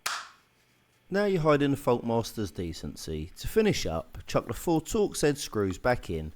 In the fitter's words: And then slap the case back on with a satisfying click.